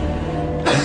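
A single short, deliberate, well-timed cough over low studio background noise on a TV game show, used to signal to a contestant that the correct answer is Paris rather than arising from illness.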